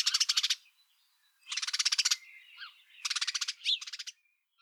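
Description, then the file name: House Sparrow chirps in three quick bursts of fast, rattling notes, with a few faint softer calls between them. "Passer domesticus"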